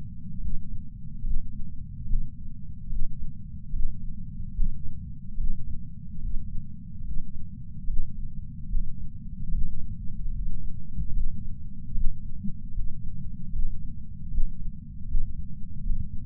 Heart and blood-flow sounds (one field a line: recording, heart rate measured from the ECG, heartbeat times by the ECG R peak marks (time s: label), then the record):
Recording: heart sounds by patch sensor on the chest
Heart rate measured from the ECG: 74 bpm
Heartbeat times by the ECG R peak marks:
0.41 s: heartbeat
1.25 s: heartbeat
2.08 s: heartbeat
2.90 s: heartbeat
3.74 s: heartbeat
4.56 s: heartbeat
5.39 s: heartbeat
6.23 s: heartbeat
7.05 s: heartbeat
7.88 s: heartbeat
8.70 s: heartbeat
9.53 s: heartbeat
10.35 s: heartbeat
11.15 s: heartbeat
11.96 s: heartbeat
12.74 s: heartbeat
13.54 s: heartbeat
14.32 s: heartbeat
15.09 s: heartbeat
15.85 s: heartbeat
From the record:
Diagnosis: coronary artery disease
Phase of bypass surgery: preoperative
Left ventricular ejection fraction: 63%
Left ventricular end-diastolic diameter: 47 mm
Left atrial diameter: 37 mm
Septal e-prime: 4.5 cm/s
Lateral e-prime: 7.1 cm/s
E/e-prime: 8.6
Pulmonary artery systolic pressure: 20 mmHg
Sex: male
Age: 77 years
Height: 160 cm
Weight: 79.5 kg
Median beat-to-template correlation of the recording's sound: 0.81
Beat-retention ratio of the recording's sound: 0.99